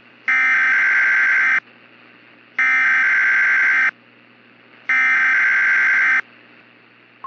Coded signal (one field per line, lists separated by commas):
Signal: Emergency Alert System (SAME) tones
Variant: header bursts